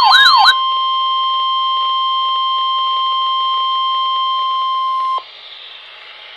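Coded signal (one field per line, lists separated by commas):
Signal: Emergency Alert System (SAME) tones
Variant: 1050 Hz attention tone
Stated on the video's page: Two NOAA Weather Radio flood warnings.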